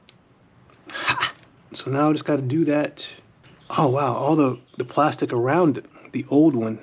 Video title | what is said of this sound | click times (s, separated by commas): Avalon IGNITION COIL connectors & VALVE COVER gaskets - 2GR-FE | So, if I'm lucky, this one will go in here and have a satisfying little click. | 0.1 s